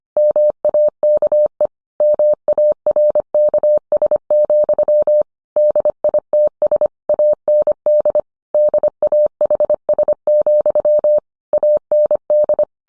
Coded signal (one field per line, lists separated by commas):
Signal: Morse code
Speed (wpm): 25 wpm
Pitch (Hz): 600 Hz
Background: none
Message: MAKE MARKS, DITS AND DAHS, AND